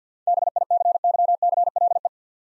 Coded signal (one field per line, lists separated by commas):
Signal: Morse code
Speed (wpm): 53 wpm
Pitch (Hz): 700 Hz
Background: none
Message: BICYCLE